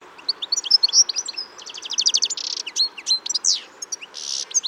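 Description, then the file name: European goldfinch chattering continuously: bright twittered notes, a fast trill and two harsh buzzy bursts woven into one lively sequence. "Carduelis carduelis"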